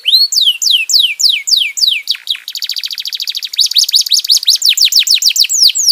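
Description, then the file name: Domestic canary song: falling whistled sweeps, then a fast rattling trill that turns back into quick repeated sweeping notes, with faint clicks behind. "kenari"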